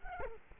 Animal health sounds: mosquito wingbeat signal from an infrared sensor; Culex quinquefasciatus

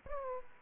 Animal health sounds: mosquito wingbeat signal from an infrared sensor; Aedes aegypti

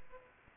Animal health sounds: mosquito wingbeat signal from an infrared sensor; Aedes aegypti

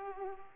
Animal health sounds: mosquito wingbeat signal from an infrared sensor; Culex pipiens

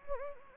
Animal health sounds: mosquito wingbeat signal from an infrared sensor; Anopheles gambiae

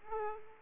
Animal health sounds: mosquito wingbeat signal from an infrared sensor; Aedes aegypti

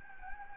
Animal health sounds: mosquito wingbeat signal from an infrared sensor; Anopheles gambiae

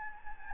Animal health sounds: mosquito wingbeat signal from an infrared sensor; Anopheles gambiae

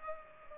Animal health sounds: mosquito wingbeat signal from an infrared sensor; Culex pipiens

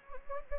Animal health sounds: mosquito wingbeat signal from an infrared sensor; Anopheles gambiae

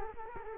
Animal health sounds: mosquito wingbeat signal from an infrared sensor; Culex quinquefasciatus

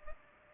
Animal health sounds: mosquito wingbeat signal from an infrared sensor; Culex pipiens

